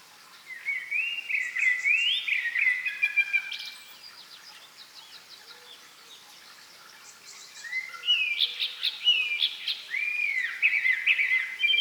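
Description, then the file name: Common blackbird singing two mellow, warbling whistled phrases, each sliding around mid pitch and ending in thin, high twitters, separated by a few seconds of quiet. "Turdus merula"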